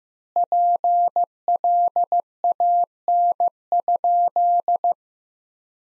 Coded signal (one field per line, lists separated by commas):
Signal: Morse code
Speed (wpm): 15 wpm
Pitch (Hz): 700 Hz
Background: none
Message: PLAN?